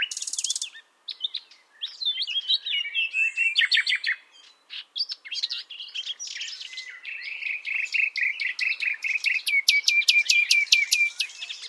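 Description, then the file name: Common nightingale singing varied phrases: high buzzy notes, quick slurred whistles, then a long run of rapid repeated notes. "Luscinia megarhynchos"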